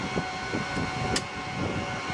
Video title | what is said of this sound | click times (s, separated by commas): Dell PowerEdge Server - Beginner's Guide to CPU Upgrade and Maintenance - R910 | and just snaps right in | 1.2 s